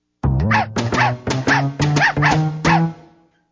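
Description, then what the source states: Dog yipping in a rapid series of short, arched, whiny calls, fading out at the end. Puppy, playful.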